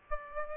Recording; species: mosquito wingbeat signal from an infrared sensor; Aedes aegypti